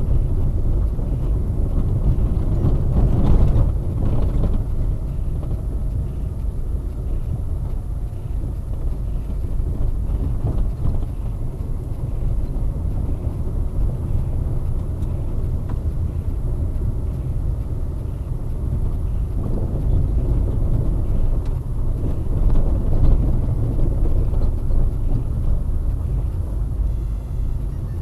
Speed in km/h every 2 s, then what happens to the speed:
28, 28, 27, 26, 24, 23, 22, 24, 25, 24, 23, 24, 24, 22.
0-28 steady at about 24.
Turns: none.